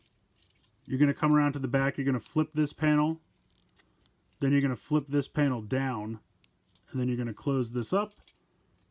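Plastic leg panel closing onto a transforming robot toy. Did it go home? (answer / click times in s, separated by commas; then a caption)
no / none. Someone talks while handling a hinged plastic panel on the back of the leg of a Shokugan Modeling Project GaoKing transforming robot toy, flipping the panel down and closing it up. Only a few faint handling ticks are heard between the talking. Nothing has snapped into place yet.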